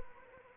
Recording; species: mosquito wingbeat signal from an infrared sensor; Anopheles arabiensis